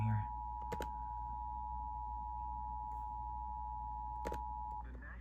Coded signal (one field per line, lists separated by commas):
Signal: Emergency Alert System (SAME) tones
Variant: 853 and 960 Hz attention tone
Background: speech